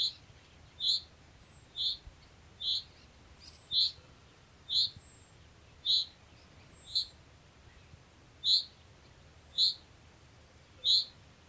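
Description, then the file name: Common chaffinch giving short, bright call notes repeated roughly once a second, each a brief sharp chirp, with faint high twitters from other birds between them. "Fringilla coelebs"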